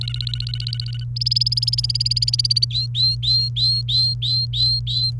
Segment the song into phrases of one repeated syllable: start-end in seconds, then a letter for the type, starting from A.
0.01-1.04 A, 1.16-2.65 B, 2.71-5.11 C